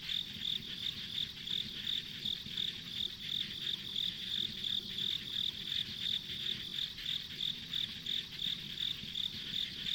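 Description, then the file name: Insects chirping steadily, bright pulses repeated about three times a second, with a fainter buzz and low rumbling underneath. Ambient insect sounds on a rural country road. "田舎道の虫の環境音"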